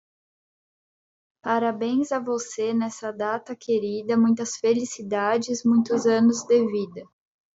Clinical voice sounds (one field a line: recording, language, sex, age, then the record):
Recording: short text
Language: Brazilian Portuguese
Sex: female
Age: 20 to 29 years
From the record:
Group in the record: control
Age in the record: 26 years